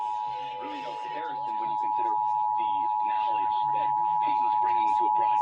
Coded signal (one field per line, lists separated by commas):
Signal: Emergency Alert System (SAME) tones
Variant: 853 and 960 Hz attention tone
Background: speech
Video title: EAS #1513-1514 IL RMT on WKSC, WKSC HD2 1-4-22